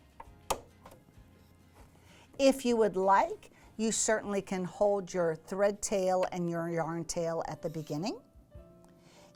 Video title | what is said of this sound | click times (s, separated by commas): Yarn Couching Part 2: Couching in Embroidery Mode | this will click in | 0.5 s